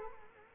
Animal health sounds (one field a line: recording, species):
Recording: mosquito wingbeat signal from an infrared sensor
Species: Culex quinquefasciatus